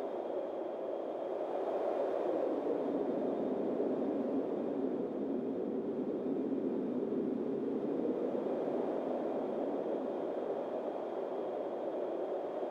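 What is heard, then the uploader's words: Wind blows in a steady, dense rush with no breaks, its tone rising and falling slowly as gusts swell around two and ten seconds and ease in between. The sound sits low to middle in pitch, with a faint thin whistle running above it throughout. Wispy Windstorm Ambient Noise.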